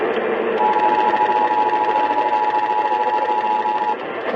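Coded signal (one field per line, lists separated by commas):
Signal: Emergency Alert System (SAME) tones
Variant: 853 and 960 Hz attention tone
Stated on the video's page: Multiple alerts for parishes and counties in Arkansas, Louisiana and Texas from a new station.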